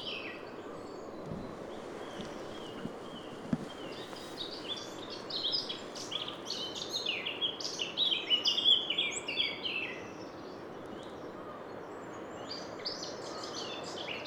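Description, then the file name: Eurasian wren: dense bursts of rapid high chattering notes, loudest in the middle, over a steady background hiss. "Troglodytes troglodytes"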